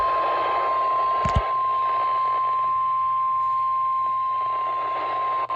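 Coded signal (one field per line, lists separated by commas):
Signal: Emergency Alert System (SAME) tones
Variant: 1050 Hz attention tone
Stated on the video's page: Tornado Watch SAME tones from a NOAA weather radio transmitter, covering only the counties in its range.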